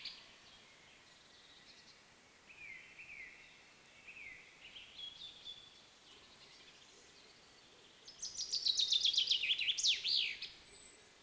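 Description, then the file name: Common chaffinch song: after several seconds of softer, scattered high notes, a loud rattling phrase of quick notes descends in steps and ends in a sharp flourish. "Fringilla coelebs"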